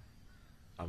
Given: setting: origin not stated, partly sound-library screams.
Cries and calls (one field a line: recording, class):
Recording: one-second piece from a danger detection set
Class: normal situation